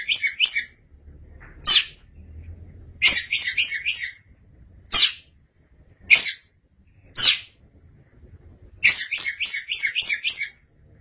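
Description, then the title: Oriental magpie-robin producing rasping high bursts, lone notes alternating with fast stuttering runs of up to six notes, irregularly spaced. Kacer song. "Suara Kicauan Burung Kacer Durasi Panjang"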